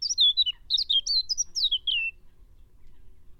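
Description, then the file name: Eurasian blackcap song: a two-second run of clear, fluty whistles, each note slurring downward, delivered in quick succession over a faint low rumble. "Sylvia atricapilla"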